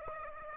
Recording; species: mosquito wingbeat signal from an infrared sensor; Aedes aegypti